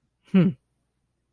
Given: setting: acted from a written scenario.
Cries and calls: vocal sound without words; neutral

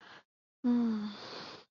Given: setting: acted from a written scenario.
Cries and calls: vocal sound without words; sympathy

